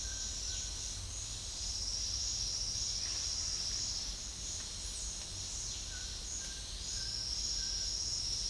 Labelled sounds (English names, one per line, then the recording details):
none
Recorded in secondary vegetation near Puerto Asís, Putumayo, Colombia, on 28 February 2025 at 10:00
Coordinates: 0.484, -76.319
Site G010